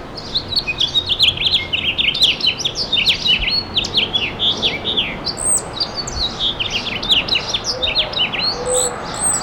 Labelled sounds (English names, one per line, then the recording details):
House Finch song
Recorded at Freeport on Long Island, New York, on 28 May 2013
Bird C